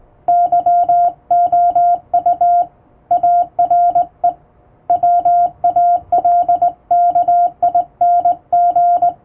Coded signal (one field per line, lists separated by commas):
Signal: Morse code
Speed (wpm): 20 wpm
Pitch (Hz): 700 Hz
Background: music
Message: YOU ARE WALKING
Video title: 【モールス教室、縦振り電鍵でモールス符号を打ちました】手打ちで綺麗に打てるとカッコイイかも！欧文モールス符号を打ってみました！再生速度を調整して聴いてみよう(morse code practice)